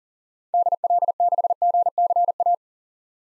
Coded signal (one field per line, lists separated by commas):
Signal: Morse code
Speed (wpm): 38 wpm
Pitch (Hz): 700 Hz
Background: none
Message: DL6GCA